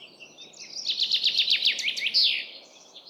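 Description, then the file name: Common chaffinch song: a quick run of sharp descending notes closing with an emphatic flourish, over faint background hiss. "Fringilla coelebs"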